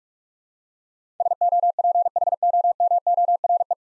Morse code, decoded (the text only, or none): SOPHOMORE